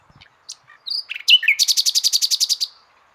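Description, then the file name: Common nightingale song phrase: soft clicks and a slurred whistle lead into a loud, evenly pulsed run of about a dozen rapid repeated notes. "Luscinia megarhynchos"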